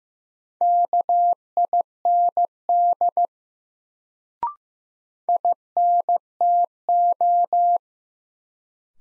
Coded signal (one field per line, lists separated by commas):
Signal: Morse code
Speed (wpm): 15 wpm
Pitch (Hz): 700 Hz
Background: none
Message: KIND INTO